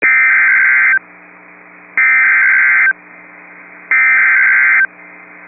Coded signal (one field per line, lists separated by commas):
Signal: Emergency Alert System (SAME) tones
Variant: header bursts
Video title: Severe Thunderstorm Warning (Sioux County, ND) (8/28/24) [EAS #22]